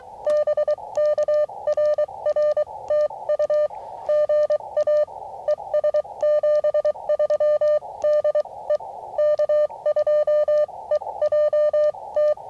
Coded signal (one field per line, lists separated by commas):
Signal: Morse code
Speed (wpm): 24 wpm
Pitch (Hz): 590 Hz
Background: none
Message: BK RR TU GA ES 73 DE K2EJT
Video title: CW POTA at US-5221 with the AD8HK 9:1 Antenna